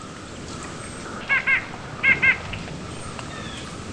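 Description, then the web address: White-breasted nuthatch calling in doubled nasal notes, two quick pairs of yank-like calls less than a second apart. "nuthatch"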